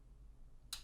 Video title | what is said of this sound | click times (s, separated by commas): SBD Mini Evo First Impressions | locks into place and then it has to break the the detent force of that uh | 0.7 s